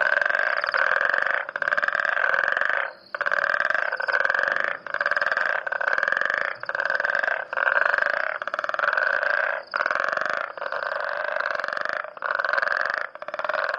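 Frog uttering a long series of grating pulsed croaks, repeated with short breaks across the whole stretch.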